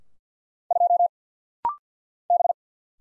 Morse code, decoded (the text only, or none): 2 B